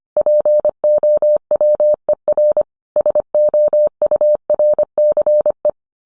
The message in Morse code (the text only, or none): POWER SOURCE